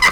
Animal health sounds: pig call; piglet (1 to 25 days)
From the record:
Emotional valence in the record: positive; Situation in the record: reunion after long isolation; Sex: male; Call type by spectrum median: low-frequency call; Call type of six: low-frequency tonal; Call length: 0.12 s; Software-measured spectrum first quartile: 1655 Hz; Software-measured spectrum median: 2081 Hz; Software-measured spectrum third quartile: 3746 Hz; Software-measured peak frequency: 2052 Hz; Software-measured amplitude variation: 85 dB a second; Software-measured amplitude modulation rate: 4.2 a second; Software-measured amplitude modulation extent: 20.1 dB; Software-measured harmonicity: 6.7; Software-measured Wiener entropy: -2.37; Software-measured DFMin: 616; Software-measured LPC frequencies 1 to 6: 1079, 2029, 2962, 4024, 5056, 6088 Hz

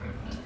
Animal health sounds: pig call; growing-finishing pig (85 days or more)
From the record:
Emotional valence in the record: positive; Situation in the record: run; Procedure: transit

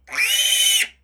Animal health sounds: pig call; piglet (1 to 25 days)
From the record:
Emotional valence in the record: negative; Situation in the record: restrain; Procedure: back test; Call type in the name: high-frequency call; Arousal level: medium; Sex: female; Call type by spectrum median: high-frequency call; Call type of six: high-frequency stable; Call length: 1.03 s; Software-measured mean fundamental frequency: 249 Hz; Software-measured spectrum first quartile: 2821 Hz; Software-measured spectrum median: 4277 Hz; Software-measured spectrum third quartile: 8280 Hz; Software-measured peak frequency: 3040 Hz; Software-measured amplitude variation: 161 dB a second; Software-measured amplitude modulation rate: 18.4 a second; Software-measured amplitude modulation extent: 8.7 dB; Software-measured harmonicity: 5.4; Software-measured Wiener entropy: -3.04

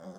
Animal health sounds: pig call; piglet (1 to 25 days)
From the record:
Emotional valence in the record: negative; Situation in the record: short isolation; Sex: male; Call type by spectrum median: low-frequency call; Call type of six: low-frequency tonal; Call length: 0.19 s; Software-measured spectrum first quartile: 202 Hz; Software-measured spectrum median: 420 Hz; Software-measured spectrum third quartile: 704 Hz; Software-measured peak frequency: 560 Hz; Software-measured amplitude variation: 94 dB a second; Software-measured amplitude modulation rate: 7.8 a second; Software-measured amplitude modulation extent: 12.0 dB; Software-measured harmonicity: 4.3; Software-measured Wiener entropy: 0.06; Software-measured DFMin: 1517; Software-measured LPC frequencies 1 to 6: 544, 3410, 5057, 6101, 7447, 8425 Hz

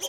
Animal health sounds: pig call; piglet (1 to 25 days)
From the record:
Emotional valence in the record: negative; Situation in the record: short isolation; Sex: female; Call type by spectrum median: high-frequency call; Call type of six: high-frequency stable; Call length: 0.10 s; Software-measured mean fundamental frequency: 170 Hz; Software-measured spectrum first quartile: 2120 Hz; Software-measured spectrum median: 4348 Hz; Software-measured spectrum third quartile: 6930 Hz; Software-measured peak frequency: 3190 Hz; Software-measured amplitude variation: 102 dB a second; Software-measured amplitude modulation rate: 5.2 a second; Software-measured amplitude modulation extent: 19.5 dB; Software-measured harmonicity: 3.8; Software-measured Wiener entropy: -2.02

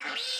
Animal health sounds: pig call; piglet (1 to 25 days)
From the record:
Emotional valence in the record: negative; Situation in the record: restrain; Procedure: in the arms of a person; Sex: female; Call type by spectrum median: high-frequency call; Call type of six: mixed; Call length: 0.40 s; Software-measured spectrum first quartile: 2075 Hz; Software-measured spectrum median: 3242 Hz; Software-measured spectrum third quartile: 4300 Hz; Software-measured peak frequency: 3630 Hz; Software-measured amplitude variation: 85 dB a second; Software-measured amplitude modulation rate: 25.0 a second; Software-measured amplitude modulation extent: 3.4 dB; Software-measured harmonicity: 1.2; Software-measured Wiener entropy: -1.54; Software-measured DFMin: 713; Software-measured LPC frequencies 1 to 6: 711, 1480, 2134, 2871, 3636, 5090 Hz

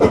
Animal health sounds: pig call; growing-finishing pig (85 days or more)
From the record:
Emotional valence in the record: positive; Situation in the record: run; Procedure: transit

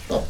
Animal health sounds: pig call; piglet (1 to 25 days)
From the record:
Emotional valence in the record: positive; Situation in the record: reunion after long isolation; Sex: male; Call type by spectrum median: low-frequency call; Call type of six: low-frequency tonal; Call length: 0.30 s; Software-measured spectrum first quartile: 173 Hz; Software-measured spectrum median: 485 Hz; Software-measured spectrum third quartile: 807 Hz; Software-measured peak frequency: 540 Hz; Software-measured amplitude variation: 171 dB a second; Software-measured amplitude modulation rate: 16.7 a second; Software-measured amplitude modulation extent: 10.3 dB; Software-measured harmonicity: 1.9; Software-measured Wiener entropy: -1.05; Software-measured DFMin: 672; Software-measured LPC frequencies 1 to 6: 547, 2014, 3394, 4823, 6257, 7670 Hz

